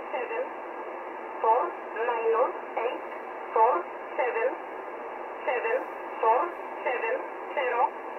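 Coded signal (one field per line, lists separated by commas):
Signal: numbers station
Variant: E11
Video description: Polish Intelligence transmitting a message to an agent in the field.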